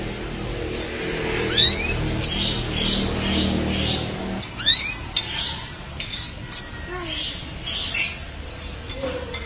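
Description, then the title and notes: Canary song: upswept chirps, sliding whistles and one long flat whistled note, delivered in bursts with pauses, over low background noise that fades midway. "BM Suara Kenari. BM Suara Burung Kenari"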